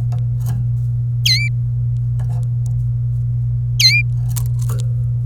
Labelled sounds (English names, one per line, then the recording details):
Domestic Canary song
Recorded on 26 April 2018 at 17:04
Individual llb3